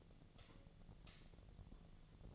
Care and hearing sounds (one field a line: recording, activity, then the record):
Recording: daily activity, microphone in the room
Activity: light off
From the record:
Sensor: 4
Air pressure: 1010.6 hPa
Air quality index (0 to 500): 172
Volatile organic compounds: 5 ppm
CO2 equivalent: 1753 ppm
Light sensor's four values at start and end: 37/107/42/43 and 36/106/42/43